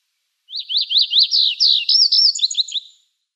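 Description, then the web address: Chestnut bunting singing one rapid high phrase of sharp zips that run into tinkling slurred notes and fade out after about two and a half seconds. "Schulze Peter Chestnut Bunting song"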